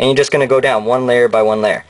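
The plastic spine of a Switcheasy Capsule Rebel M two-piece case is being fitted onto the case shell on an iPhone 3G/3GS, connected from the top first and worked down one section at a time. Someone talks throughout, and no plastic clicks are heard. Nothing has seated or clicked yet.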